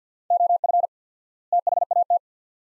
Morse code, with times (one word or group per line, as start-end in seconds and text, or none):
0.3-0.9 OF
1.5-2.2 THAT